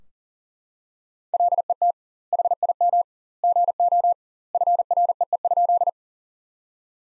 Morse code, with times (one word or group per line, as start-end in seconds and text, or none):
1.3-1.9 LET
2.3-3.0 HIM
3.4-4.1 GO
4.5-5.9 FREE?